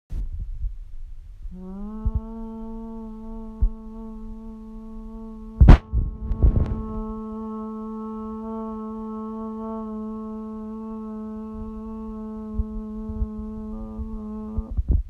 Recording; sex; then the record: sustained vowel /a/; female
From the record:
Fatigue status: no fatigue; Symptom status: asymptomatic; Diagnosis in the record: COVID-19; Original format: m4a